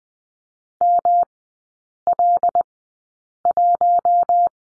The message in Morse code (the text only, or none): ML1